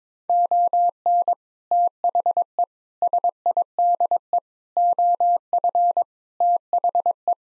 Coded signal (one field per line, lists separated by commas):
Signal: Morse code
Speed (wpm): 21 wpm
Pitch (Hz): 700 Hz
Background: none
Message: ON THE SIDE OF THE